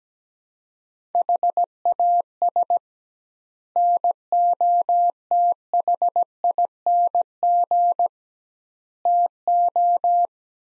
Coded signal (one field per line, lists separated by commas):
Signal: Morse code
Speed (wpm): 17 wpm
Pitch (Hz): 700 Hz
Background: none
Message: HAS NOTHING TO